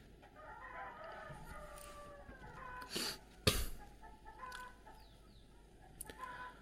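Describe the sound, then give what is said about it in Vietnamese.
Several chickens cluck and chatter steadily while a rooster crows partway through, with a couple of sharp, louder bursts standing out over the continuous barnyard noise. “Các đại ca gà ơi, gái ít thôi.”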